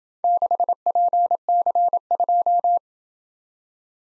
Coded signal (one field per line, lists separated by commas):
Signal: Morse code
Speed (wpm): 27 wpm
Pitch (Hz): 700 Hz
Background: none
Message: 6PC2